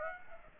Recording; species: mosquito wingbeat signal from an infrared sensor; Aedes aegypti